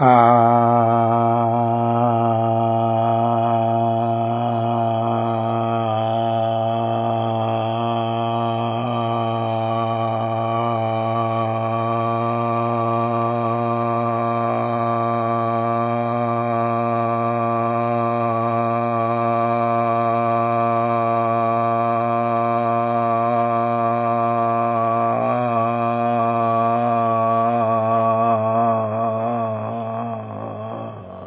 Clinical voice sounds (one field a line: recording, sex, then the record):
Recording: sustained vowel /a/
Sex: male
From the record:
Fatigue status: no fatigue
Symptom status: asymptomatic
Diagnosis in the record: COVID-19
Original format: 3gp